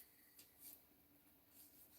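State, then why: Not seated. A large field-dressing folding knife is handled, its release pinched as the blade is moved toward its locked position. Soft rubbing and faint scraping sounds rise briefly around 0.4 s and 0.7 s over a steady low hum. The clip ends before the blade snaps home, and nothing has clicked or locked into place yet.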